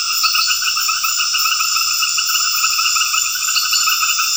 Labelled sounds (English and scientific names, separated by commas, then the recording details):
none
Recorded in dense forest near Puerto Asís, Putumayo, Colombia, on 18 February 2024 at 20:30
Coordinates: 0.496, -76.326
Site G6383